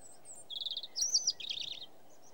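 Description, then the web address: European robin song: a quick high phrase of trilled and twittering notes, shifting in pitch, over a soft continuous background hiss. "The BBC Sound Effects Library (Animals Birds) Robin song"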